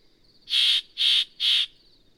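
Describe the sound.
Yellow-breasted Chat: three harsh, noisy, evenly spaced notes in quick succession.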